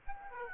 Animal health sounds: mosquito wingbeat signal from an infrared sensor; Aedes aegypti

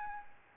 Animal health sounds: mosquito wingbeat signal from an infrared sensor; Aedes albopictus

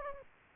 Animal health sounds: mosquito wingbeat signal from an infrared sensor; Anopheles gambiae

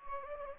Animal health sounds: mosquito wingbeat signal from an infrared sensor; Anopheles gambiae

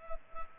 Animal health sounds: mosquito wingbeat signal from an infrared sensor; Culex pipiens

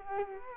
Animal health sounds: mosquito wingbeat signal from an infrared sensor; Culex quinquefasciatus

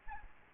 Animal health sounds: mosquito wingbeat signal from an infrared sensor; Aedes albopictus

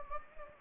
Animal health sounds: mosquito wingbeat signal from an infrared sensor; Anopheles gambiae

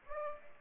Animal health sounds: mosquito wingbeat signal from an infrared sensor; Aedes aegypti

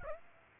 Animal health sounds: mosquito wingbeat signal from an infrared sensor; Aedes aegypti

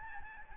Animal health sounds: mosquito wingbeat signal from an infrared sensor; Aedes albopictus

